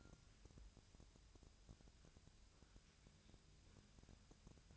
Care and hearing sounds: daily activity, microphone in the room; wipe stove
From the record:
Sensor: 2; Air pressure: 1001.5 hPa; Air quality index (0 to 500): 225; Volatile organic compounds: 24 ppm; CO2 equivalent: 2818 ppm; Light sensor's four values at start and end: 7/26/10/9 and 7/26/10/9

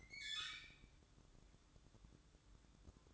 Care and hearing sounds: daily activity, microphone in the room; open fridge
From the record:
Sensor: 3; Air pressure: 1007.7 hPa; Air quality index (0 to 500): 64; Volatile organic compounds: 1 ppm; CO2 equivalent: 623 ppm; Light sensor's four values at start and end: 13/30/13/13 and 13/30/13/13

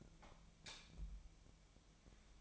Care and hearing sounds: daily activity, microphone in the room; light off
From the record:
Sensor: 1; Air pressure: 1000.0 hPa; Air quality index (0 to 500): 129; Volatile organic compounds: 2 ppm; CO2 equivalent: 1219 ppm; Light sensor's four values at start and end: 36/96/39/47 and 33/83/35/42

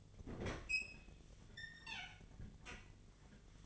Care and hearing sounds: daily activity, microphone in the room; open fridge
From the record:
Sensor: 4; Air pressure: 1010.6 hPa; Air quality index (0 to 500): 176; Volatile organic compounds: 5 ppm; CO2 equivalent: 1784 ppm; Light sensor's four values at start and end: 34/100/40/40 and 28/83/33/33

